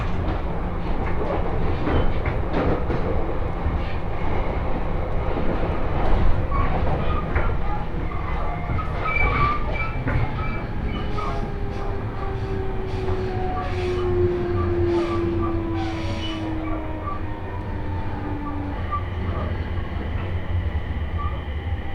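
A train ride on the Tohoku Main Line: a steady, heavy rumble runs throughout, with rhythmic rail clacks and knocks in the first half. From about 11 to 19 seconds a thin motor whine slowly falls in pitch, with faint squeals above it.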